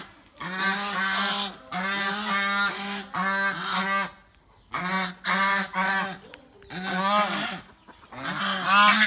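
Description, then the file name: Goose honks in several loud bursts of nasal, buzzy calls, separated by short gaps of quiet. "Tieng ngong keu"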